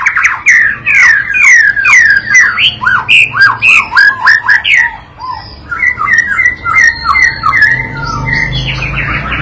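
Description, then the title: White-rumped shama song: quick repeated slurred phrases with sharp high clicks, then a quieter passage of whistles and chattering notes. Lure training recording used to teach a young bird to sing energetically and prompt it to answer at once. "MURAI BATU PAUD BELAJAR GACOR, AJARI DENGAN MASTERAN PANCINGAN INI, PANCING LANGSUNG NYAUT"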